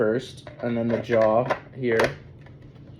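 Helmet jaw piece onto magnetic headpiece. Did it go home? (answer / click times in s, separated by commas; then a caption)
yes / 2.4 s, 2.5 s. Someone talks while fitting the 3D-printed jaw section of a cosplay helmet onto its headpiece, which is held on by strong magnets. Two short clicks are heard at 2.4 s and 2.5 s as the jaw piece seats into place.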